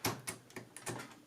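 A cyan ink cartridge, with its yellow plastic tab removed, is lined up with the slot inside an Epson XP 3100 inkjet printer's carriage and handled. Several short plastic knocks and rattles are heard over 1.3 seconds. Nothing has seated or clicked yet.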